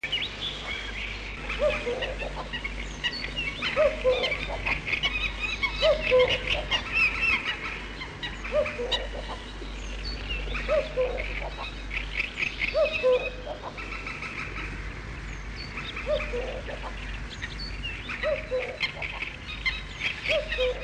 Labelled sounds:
Common Cuckoo

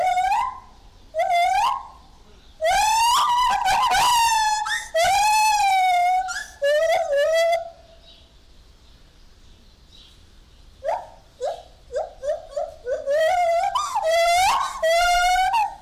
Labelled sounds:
Lar Gibbon

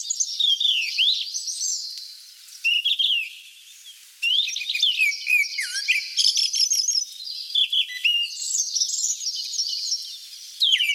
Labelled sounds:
Grey-backed Thrush song

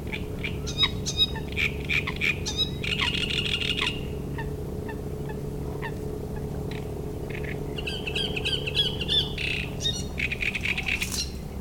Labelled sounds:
Great Reed Warbler

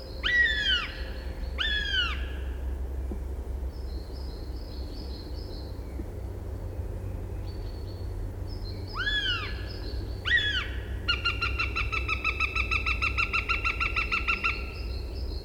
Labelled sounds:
Northern Goshawk call

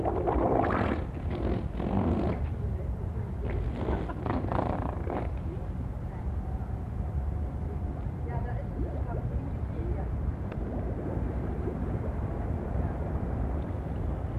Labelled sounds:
Harbor Seal

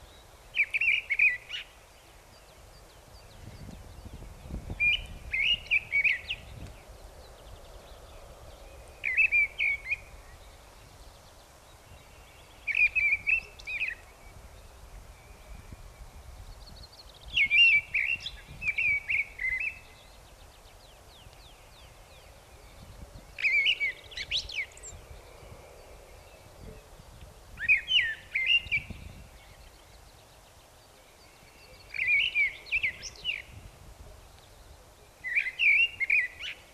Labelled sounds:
Mistle Thrush song

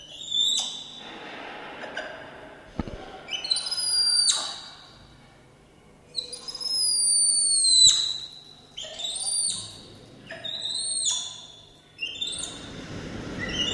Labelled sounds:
Black-handed Spider Monkey

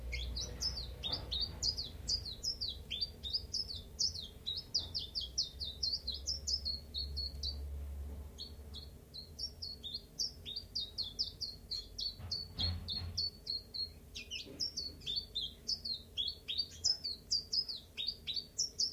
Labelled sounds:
Common Chiffchaff

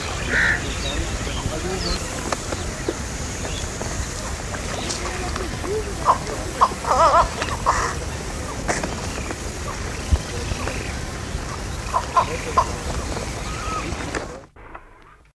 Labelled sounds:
Indian Pond Heron call

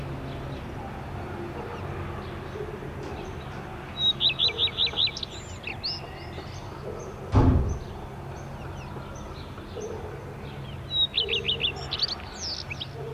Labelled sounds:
Common Redstart song

